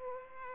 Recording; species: mosquito wingbeat signal from an infrared sensor; Culex pipiens